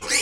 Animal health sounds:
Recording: pig call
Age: weaner (32 to 43 days)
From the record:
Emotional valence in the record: negative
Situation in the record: novel object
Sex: female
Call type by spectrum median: high-frequency call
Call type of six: high-frequency stable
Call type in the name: high-frequency stable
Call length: 0.22 s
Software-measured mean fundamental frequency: 211 Hz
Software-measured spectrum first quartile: 2350 Hz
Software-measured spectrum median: 4488 Hz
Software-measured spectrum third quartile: 6962 Hz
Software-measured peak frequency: 2233 Hz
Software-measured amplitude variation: 101 dB a second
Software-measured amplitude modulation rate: 11.3 a second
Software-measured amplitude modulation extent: 8.9 dB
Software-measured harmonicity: 1.9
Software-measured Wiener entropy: -1.43

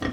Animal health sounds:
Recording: pig call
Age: growing-finishing pig (85 days or more)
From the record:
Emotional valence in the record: positive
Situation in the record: enriched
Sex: female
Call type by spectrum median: low-frequency call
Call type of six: low-frequency stable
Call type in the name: low-frequency stable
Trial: 2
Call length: 0.13 s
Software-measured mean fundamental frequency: 62 Hz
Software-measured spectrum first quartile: 253 Hz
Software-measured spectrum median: 570 Hz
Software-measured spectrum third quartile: 1695 Hz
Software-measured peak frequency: 259 Hz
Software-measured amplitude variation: 181 dB a second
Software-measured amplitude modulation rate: 15.5 a second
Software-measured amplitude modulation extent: 11.7 dB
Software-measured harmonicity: -0.3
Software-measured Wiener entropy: -1.53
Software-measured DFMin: 1009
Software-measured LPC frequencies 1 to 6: 359, 1190, 1887, 2729, 3318, 4303 Hz

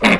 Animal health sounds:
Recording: pig call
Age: piglet (1 to 25 days)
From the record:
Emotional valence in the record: negative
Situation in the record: crushing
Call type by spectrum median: low-frequency call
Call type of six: low-frequency tonal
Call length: 0.20 s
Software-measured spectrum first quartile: 404 Hz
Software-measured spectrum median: 1202 Hz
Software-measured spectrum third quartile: 2407 Hz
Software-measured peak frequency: 210 Hz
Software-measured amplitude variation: 173 dB a second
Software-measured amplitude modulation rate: 12.3 a second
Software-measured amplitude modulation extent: 14.0 dB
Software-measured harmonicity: 0.5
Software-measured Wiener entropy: -1.15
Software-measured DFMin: 480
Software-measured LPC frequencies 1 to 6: 2162, 3707, 6393, 7258, 8636, 9819 Hz

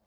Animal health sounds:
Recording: pig call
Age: piglet (1 to 25 days)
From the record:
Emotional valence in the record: positive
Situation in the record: reunion after long isolation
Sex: male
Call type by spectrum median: low-frequency call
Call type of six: low-frequency stable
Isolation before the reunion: 8 minutes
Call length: 0.07 s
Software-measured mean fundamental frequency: 40 Hz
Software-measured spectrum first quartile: 391 Hz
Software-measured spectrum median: 969 Hz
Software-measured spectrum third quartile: 6624 Hz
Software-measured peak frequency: 551 Hz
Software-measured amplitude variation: 35 dB a second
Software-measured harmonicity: 5.0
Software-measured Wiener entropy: -2.75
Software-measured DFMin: 622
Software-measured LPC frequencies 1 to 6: 628, 1996, 3125, 4592, 5403, 6111 Hz

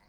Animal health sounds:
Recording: pig call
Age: piglet (1 to 25 days)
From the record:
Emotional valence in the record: positive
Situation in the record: reunion after long isolation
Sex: female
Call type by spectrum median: low-frequency call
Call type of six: low-frequency tonal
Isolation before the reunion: 8 minutes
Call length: 0.09 s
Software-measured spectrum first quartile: 311 Hz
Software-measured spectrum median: 978 Hz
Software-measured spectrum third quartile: 2834 Hz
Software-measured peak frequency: 201 Hz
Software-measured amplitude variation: 37 dB a second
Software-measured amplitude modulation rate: 17.6 a second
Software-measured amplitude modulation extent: 2.1 dB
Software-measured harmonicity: 0.0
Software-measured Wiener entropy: -0.93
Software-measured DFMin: 1387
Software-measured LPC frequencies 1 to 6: 896, 2033, 4289, 4651, 6303, 7237 Hz

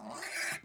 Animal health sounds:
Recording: pig call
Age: piglet (1 to 25 days)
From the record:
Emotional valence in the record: negative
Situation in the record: long isolation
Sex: female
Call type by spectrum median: high-frequency call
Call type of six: mixed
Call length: 0.64 s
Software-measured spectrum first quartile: 1670 Hz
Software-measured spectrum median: 2709 Hz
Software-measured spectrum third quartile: 6980 Hz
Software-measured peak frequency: 1778 Hz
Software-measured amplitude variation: 121 dB a second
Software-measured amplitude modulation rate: 22.7 a second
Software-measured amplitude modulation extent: 5.4 dB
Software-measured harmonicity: 1.0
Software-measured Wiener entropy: -2.41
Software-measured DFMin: 631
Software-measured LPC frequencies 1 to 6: 785, 1701, 2244, 4091, 4929, 5693 Hz

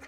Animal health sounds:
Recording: pig call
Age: piglet (1 to 25 days)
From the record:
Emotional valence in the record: positive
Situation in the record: after nursing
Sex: female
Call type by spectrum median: low-frequency call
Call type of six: low-frequency stable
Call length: 0.08 s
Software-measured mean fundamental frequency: 52 Hz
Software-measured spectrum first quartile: 630 Hz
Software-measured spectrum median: 1493 Hz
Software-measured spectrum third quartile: 2402 Hz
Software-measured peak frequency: 2050 Hz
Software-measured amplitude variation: 46 dB a second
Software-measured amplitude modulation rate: 6.3 a second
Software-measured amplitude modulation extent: 7.4 dB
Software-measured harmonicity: -0.9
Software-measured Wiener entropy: -0.65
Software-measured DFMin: 863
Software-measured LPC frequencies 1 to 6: 544, 1409, 1968, 3096, 4241, 4771 Hz

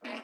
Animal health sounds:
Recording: pig call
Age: piglet (1 to 25 days)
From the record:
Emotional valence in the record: negative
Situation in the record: restrain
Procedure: in the arms of a person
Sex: female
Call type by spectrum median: low-frequency call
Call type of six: low-frequency tonal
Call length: 0.23 s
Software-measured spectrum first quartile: 494 Hz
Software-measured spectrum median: 1159 Hz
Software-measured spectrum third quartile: 2413 Hz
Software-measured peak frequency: 250 Hz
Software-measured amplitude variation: 141 dB a second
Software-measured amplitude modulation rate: 19.5 a second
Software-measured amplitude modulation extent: 7.2 dB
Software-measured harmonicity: -0.2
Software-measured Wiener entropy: -0.85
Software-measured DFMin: 1038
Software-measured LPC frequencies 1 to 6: 643, 2179, 2669, 3940, 4554, 5190 Hz

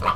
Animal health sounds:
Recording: pig call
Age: piglet (1 to 25 days)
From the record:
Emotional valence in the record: positive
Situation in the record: reunion after long isolation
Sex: female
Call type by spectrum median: low-frequency call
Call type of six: low-frequency tonal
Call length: 0.15 s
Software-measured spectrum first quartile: 601 Hz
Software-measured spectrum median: 1046 Hz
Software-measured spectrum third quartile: 1307 Hz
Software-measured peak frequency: 1215 Hz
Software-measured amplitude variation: 139 dB a second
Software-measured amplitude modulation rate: 16.3 a second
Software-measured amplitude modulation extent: 8.5 dB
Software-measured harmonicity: 3.9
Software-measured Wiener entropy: -1.39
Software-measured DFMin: 513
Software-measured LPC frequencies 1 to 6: 1178, 2363, 3095, 4223, 6552, 7646 Hz

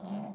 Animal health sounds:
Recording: pig call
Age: piglet (1 to 25 days)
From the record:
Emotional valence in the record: negative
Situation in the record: long isolation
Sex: male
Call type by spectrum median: low-frequency call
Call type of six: low-frequency modulated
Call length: 0.35 s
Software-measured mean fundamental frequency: 50 Hz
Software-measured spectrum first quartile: 201 Hz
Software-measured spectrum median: 313 Hz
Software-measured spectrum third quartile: 809 Hz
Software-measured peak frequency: 202 Hz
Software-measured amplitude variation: 123 dB a second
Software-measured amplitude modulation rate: 21.6 a second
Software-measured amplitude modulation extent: 5.7 dB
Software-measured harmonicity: 6.6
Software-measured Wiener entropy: -0.65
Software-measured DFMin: 680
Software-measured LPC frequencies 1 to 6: 714, 2321, 3125, 4053, 4665, 5894 Hz

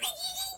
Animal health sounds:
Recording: pig call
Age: piglet (1 to 25 days)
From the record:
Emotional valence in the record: negative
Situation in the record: castration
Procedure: castration, fixation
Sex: male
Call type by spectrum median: high-frequency call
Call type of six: high-frequency stable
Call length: 0.58 s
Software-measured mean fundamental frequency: 284 Hz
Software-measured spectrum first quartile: 3364 Hz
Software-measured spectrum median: 5090 Hz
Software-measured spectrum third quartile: 9218 Hz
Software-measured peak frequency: 3821 Hz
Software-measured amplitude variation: 121 dB a second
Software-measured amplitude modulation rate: 12.9 a second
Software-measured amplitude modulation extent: 9.4 dB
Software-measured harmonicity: 5.9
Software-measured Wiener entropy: -2.48

